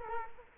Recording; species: mosquito wingbeat signal from an infrared sensor; Culex quinquefasciatus